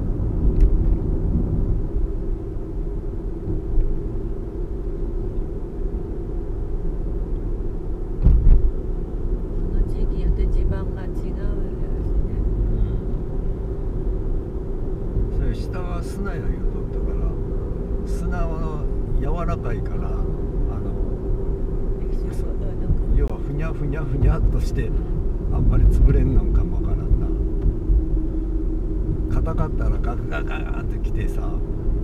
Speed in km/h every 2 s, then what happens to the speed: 42, 41, 43, 43, 44, 43, 44, 44, 47, 45, 45, 43, 41, 39, 38, 38.
0-17 steady at about 43. 17-27 slows to 38.